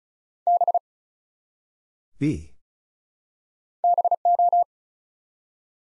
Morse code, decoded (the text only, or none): B BO